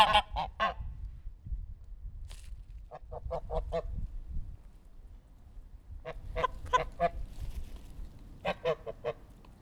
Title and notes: Langel, Köln, Deutschland - Gänse. Laute Gänse. Loud Goose